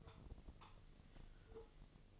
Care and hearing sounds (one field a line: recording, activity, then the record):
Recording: daily activity, microphone in the room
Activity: take from stove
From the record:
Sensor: 4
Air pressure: 1000.3 hPa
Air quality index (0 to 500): 216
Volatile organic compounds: 23 ppm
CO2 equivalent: 2785 ppm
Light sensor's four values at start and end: 9/20/8/8 and 9/20/8/7